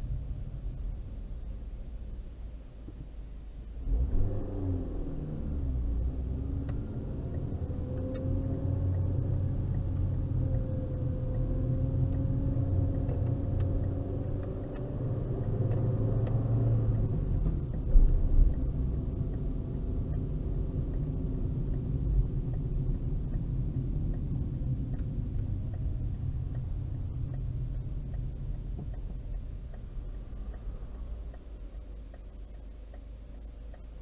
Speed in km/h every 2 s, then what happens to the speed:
0, 0, 0, 0, 20, 20, 20, 24, 27, 29, 29, 29, 24, 16, 0, 0, 0.
0-6 standing. 6-18 pulls away to 29. 22-27 brakes to 0. 27-34 standing.